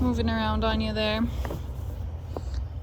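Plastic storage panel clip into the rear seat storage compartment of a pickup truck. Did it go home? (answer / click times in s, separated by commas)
yes / 2.4 s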